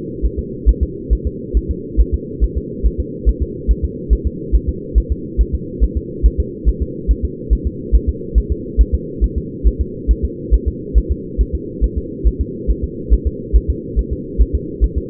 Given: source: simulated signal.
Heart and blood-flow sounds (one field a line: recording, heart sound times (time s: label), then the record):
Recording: fetal heart sounds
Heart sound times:
0.25 s: S1
0.39 s: S2
0.69 s: S1
0.83 s: S2
1.13 s: S1
1.27 s: S2
1.57 s: S1
1.71 s: S2
2.01 s: S1
2.14 s: S2
2.44 s: S1
2.58 s: S2
2.86 s: S1
3.00 s: S2
3.29 s: S1
3.43 s: S2
3.71 s: S1
3.85 s: S2
4.13 s: S1
4.27 s: S2
4.55 s: S1
4.69 s: S2
4.98 s: S1
5.12 s: S2
5.41 s: S1
5.55 s: S2
5.84 s: S1
5.97 s: S2
6.26 s: S1
6.40 s: S2
6.69 s: S1
6.82 s: S2
7.11 s: S1
7.25 s: S2
7.53 s: S1
7.67 s: S2
7.95 s: S1
8.09 s: S2
8.38 s: S1
8.52 s: S2
8.81 s: S1
8.95 s: S2
9.24 s: S1
9.38 s: S2
9.67 s: S1
9.81 s: S2
10.11 s: S1
10.25 s: S2
10.54 s: S1
10.68 s: S2
10.98 s: S1
11.12 s: S2
11.41 s: S1
11.55 s: S2
11.84 s: S1
11.98 s: S2
12.27 s: S1
12.41 s: S2
12.70 s: S1
12.84 s: S2
13.13 s: S1
13.27 s: S2
13.56 s: S1
13.70 s: S2
13.99 s: S1
14.13 s: S2
14.41 s: S1
14.55 s: S2
14.84 s: S1
14.98 s: S2
From the record:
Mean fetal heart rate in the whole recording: 140 bpm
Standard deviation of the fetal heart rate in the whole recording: 2 bpm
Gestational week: 34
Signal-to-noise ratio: -4.1 dB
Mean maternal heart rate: no maternal heart sound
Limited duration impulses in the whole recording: absent